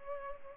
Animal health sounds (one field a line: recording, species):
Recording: mosquito wingbeat signal from an infrared sensor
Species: Culex pipiens